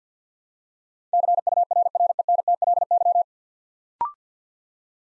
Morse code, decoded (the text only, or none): CURRENTLY